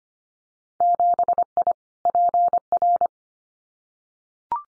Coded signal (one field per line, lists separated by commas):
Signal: Morse code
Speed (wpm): 25 wpm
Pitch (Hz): 700 Hz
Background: none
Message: 7I PR